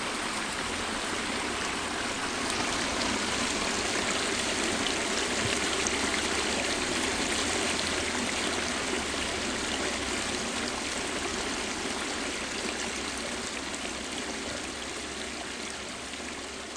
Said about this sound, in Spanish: Y llevados por las voces del arroyo grabado por Mariano, llegamos al final del programa de hoy